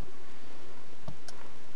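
A valve stem seal is pressed by hand, on its rigid part, onto the machined seat of a cylinder head valve guide. Two short, quiet clicks sound at 1.1 s and 1.3 s over a low, steady background. The seal is seated fully home on the guide.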